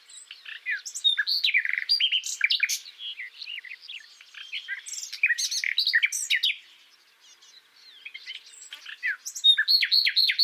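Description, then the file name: Common nightingale song: rich varied phrases of rapid chirps, trills and sharp notes, broken by a brief pause near seven seconds before loud repeated notes resume. "Luscinia megarhynchos"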